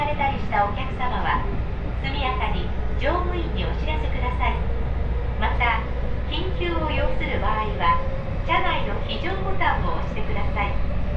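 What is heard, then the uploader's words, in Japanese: Riding an Osaka Loop Line train toward Kyobashi, a steady low rumble fills the whole clip, with a faint constant whine held above it. A woman's voice talks almost nonstop over the noise in short, even phrases. 耳で楽しむ鉄道旅 ＪＲ難波→新今宮→京橋→鴫野。大阪環状線の内回り電車に乗り換えて京橋に向かいます。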